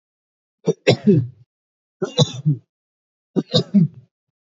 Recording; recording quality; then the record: shallow voluntary cough; excellent, no background noise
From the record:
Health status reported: recovered from COVID-19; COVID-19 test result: positive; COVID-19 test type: RT-PCR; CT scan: not taken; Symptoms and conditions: cold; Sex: male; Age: 20 years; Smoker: no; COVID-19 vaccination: one dose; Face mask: worn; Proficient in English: yes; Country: India